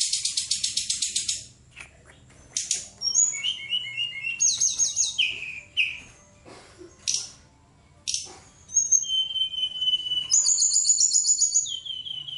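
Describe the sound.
Songbird opening with a rapid high rattling trill, then pausing before varied whistled phrases, buzzy notes and a long bright warble at the close.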